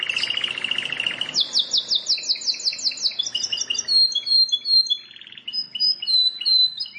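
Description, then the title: Plain prinia song: a buzzy, rattling trill, then a fast series of high rising slurred notes, followed by thin repeated chips and short whistles. "Ciblek Sawah"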